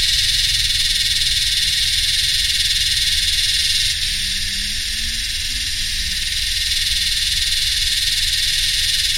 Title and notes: My Yellowbelly friends (Psaltoda harrisii) singing in the heat along with some humming machines in a mixture of subtropical dry scherlophyll forest and heathland. 7th of December, 2015 (Royal National Park, NSW, Australia.)